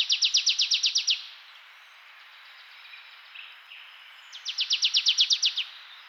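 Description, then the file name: Marsh tit giving a rapid string of sharp, down-slurred notes, a quiet pause, then a second similar rattling series of about ten notes. "Poecile palustris"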